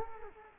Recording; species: mosquito wingbeat signal from an infrared sensor; Culex quinquefasciatus